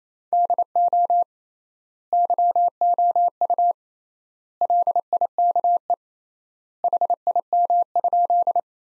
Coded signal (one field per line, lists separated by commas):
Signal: Morse code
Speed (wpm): 28 wpm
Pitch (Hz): 700 Hz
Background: none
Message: DO YOU LIKE HIM?